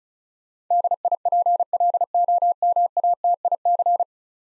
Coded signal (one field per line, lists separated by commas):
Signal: Morse code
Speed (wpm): 33 wpm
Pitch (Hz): 700 Hz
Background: none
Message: DIPLOMATIC